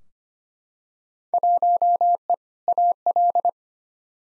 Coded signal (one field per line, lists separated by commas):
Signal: Morse code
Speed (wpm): 25 wpm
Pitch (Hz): 700 Hz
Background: none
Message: 1E AL